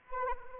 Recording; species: mosquito wingbeat signal from an infrared sensor; Anopheles arabiensis